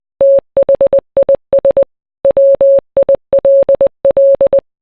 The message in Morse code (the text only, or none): THIS WILL